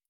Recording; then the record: hydrophone in a shrimp aquaculture tank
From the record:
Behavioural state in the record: stressed